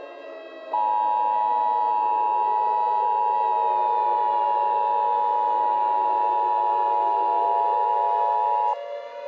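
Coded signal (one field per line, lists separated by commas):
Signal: Emergency Alert System (SAME) tones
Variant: 853 and 960 Hz attention tone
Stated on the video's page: Emergency Alert System scenario, a fictional blizzard alert.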